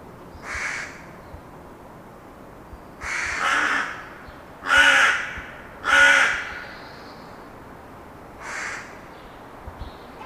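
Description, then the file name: Carrion Crow giving a loose series of rough caws, some fainter and some louder, irregularly spaced over about ten seconds, with a quiet background. "Corvus corone"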